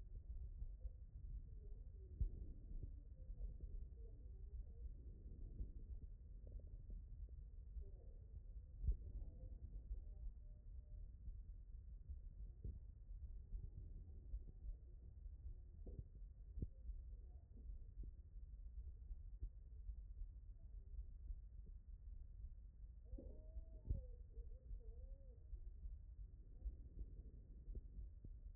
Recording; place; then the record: heart sounds by stethoscope; tricuspid valve (TV)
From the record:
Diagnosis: non-HFrEF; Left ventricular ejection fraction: 46%